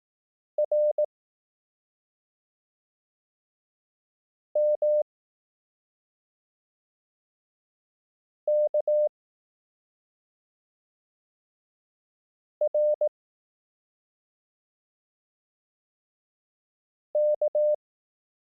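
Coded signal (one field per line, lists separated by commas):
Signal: Morse code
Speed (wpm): 18 wpm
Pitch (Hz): 600 Hz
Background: none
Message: R M K R K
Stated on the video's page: Morse code course, lessons 1–3, using the Koch method at 18 wpm.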